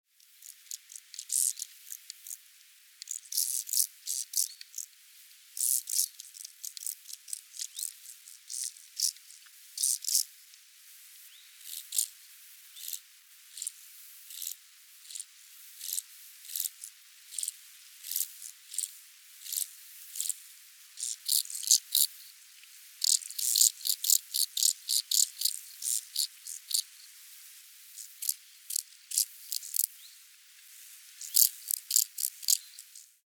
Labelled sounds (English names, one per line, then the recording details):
Field Grasshopper
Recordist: Tembrock, Günter
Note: Zwei Männchen: agonistisch